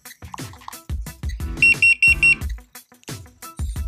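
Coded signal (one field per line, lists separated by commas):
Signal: beep code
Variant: Boosted Stealth remote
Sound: four short high-pitched beeps in quick succession among clicking and thumping sounds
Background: clicks and thumps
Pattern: 4 short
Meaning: Four beeps mean the board switched to mode 4, Pro mode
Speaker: do it again going to mold for which is pro your that four beeps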